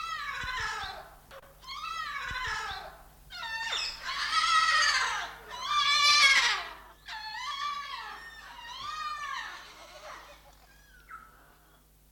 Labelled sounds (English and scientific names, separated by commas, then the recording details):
White Cockatoo (Cacatua alba)
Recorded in captivity
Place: Timmendorfer Strand, Holsteinische Schweiz, Schleswig-Holstein, DE
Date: 1992-09-21 12:58
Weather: sonnig, 22°C
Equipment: Marantz CP 430, Sennheiser ME 80, Kopie Tesla B 116
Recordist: Tembrock, Günter